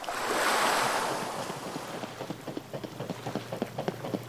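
Lake waves lap against the shore beside a lakeside promenade, separated from it by a narrow strip of lawn and a few bushes: a soft rushing swell at first, then a steady run of small, irregular splashes and gurgles, with no voices.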